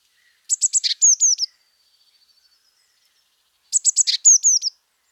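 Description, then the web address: Eurasian blue tit repeating its call twice, with quick clipped high notes leading into a few downslurred whistles and quiet faint ticks between. "pub SETE data Cyanistes caeruleus"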